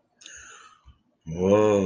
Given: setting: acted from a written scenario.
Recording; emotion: vocal sound without words; awe